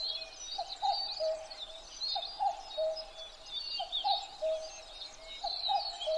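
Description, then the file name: Common cuckoo's soft cu-coo, falling by a step, repeated about four times, with twittering and whistling birds all around. Recorded 12 June 2011 at 03:53. "kakkou-20110612-0353"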